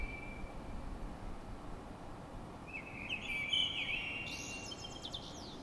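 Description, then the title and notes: Bird song: a faint opening note, a quiet stretch, then a bright twittering phrase with rapid high sweeps, over a steady rumbling hiss. Heard in the middle of the night in the courtyard of an apartment in Paris; recorded by Stefana Fratila for the Music for Sleep project. "Parisian bird singing in the middle of the night. I woke up in the middle of the night and heard this beautiful birdsong in the courtyard of the apartment I was staying in. Recorded by Stefana Fratila. Part of the Music for Sleep project"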